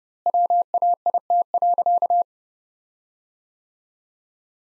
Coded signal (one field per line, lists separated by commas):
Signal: Morse code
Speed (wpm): 31 wpm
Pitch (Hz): 700 Hz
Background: none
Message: WAIT.